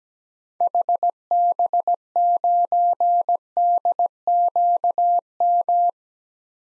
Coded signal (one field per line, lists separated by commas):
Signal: Morse code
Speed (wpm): 17 wpm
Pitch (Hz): 700 Hz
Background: none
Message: HB9DQM